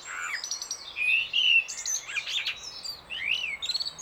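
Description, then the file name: Common blackbird song fragment: a few low fluted notes, a drawn-out whistle, then a quick series of thin, high squeaky twitters. "Turdus merula"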